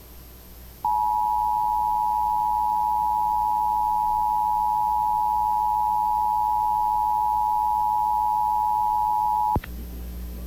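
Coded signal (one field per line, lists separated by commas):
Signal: Emergency Alert System (SAME) tones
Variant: 853 and 960 Hz attention tone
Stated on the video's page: Pennsylvania Required Monthly Test relayed over several TV and radio stations, including Altoona, Johnstown, Clearfield, Philadelphia and State College outlets.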